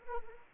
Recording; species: mosquito wingbeat signal from an infrared sensor; Anopheles arabiensis